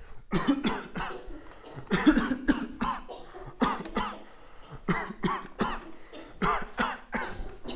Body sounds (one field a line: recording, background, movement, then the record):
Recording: voluntary coughing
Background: a bystander coughing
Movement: walking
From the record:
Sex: male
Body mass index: 21.0 kg/m2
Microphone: on the chest, facing outward